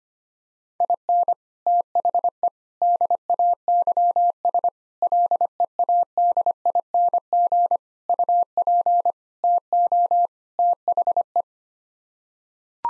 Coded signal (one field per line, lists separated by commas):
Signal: Morse code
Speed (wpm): 25 wpm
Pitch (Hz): 700 Hz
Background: none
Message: IN THE DAYS LEADING UP TO THE